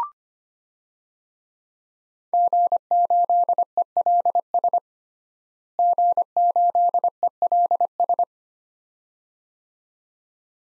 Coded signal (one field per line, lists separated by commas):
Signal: Morse code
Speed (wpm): 25 wpm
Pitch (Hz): 700 Hz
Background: none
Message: G8ELS G8ELS